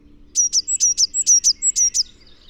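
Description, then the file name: Eurasian blue tit giving one fast phrase of high, sharp double notes, some preceded by a short thin whistle, repeated about four times in under two seconds. "Cyanistes caeruleus"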